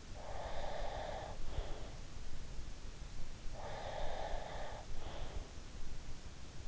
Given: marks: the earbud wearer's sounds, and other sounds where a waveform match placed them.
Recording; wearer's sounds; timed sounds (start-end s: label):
sounds in sleep by an in-ear microphone; breath
0.00-2.13 s: breath
3.58-5.45 s: breath